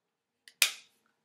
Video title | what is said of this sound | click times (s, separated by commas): Raspberry Pi 3 Model B and Accessories Unboxing! | Ooh, satisfying click there. | 0.6 s